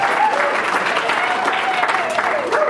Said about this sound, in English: Can we give the worship team a big round of applause? Glory!